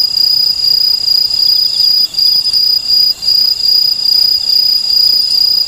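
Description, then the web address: Aomatsumushi tree cricket singing a loud, high, shrill continuous trill with a slight pulsing texture, briefly dropping out twice around the middle. "sikioto insect aomatsumushi"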